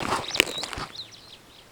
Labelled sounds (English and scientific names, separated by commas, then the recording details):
Superb Starling (Lamprotornis superbus) flight call
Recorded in Kenya